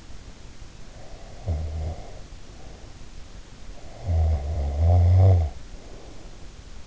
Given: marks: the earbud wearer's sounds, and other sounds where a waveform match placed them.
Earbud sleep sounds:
sounds in sleep by an in-ear microphone; snoring breath
0.94-3.00 s: snoring breath
3.76-6.36 s: snoring breath

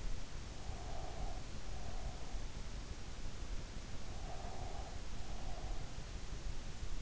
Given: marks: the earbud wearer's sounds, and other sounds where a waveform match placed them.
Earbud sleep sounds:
sounds in sleep by an in-ear microphone; breath
0.64-2.50 s: breath
4.13-5.98 s: breath

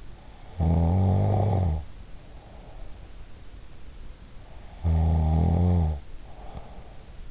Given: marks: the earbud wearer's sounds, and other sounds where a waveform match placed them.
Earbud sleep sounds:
sounds in sleep by an in-ear microphone; snoring breath
0.43-3.07 s: snoring breath
4.59-7.31 s: snoring breath

